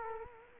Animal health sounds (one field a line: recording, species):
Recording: mosquito wingbeat signal from an infrared sensor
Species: Culex quinquefasciatus